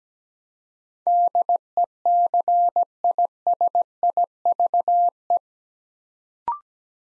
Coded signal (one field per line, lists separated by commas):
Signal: Morse code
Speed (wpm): 17 wpm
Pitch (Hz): 700 Hz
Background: none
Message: DECISIVE